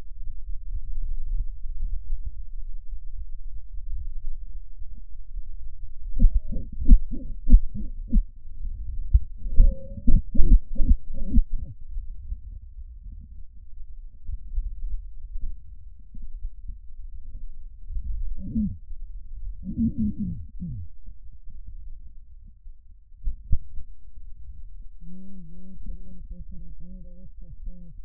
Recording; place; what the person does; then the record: lung sounds by stethoscope; right posterior basal chest; quiet breathing, then cough and speech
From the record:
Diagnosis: pulmonary infection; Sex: female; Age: 74 years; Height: 160 cm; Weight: 66 kg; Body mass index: 25.8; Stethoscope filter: bell mode